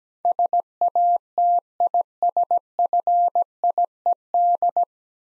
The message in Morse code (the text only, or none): SATISFIED